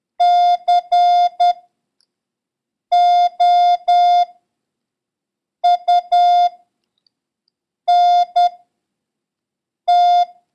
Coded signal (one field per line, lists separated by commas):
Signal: Morse code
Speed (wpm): 10 wpm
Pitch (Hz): 710 Hz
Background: none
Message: COUNT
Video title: International Morse Code: Lesson 7